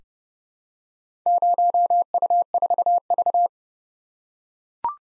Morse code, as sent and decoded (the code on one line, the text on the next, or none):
----- ..- ....- ...-
0U4V